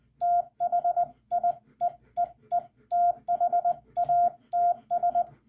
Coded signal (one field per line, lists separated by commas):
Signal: Morse code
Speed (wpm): 20 wpm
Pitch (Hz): 700 Hz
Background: radio noise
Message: THI EEE THATS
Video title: Final (?) CW Lesson: Using the Hyphen in Rag-Chew CW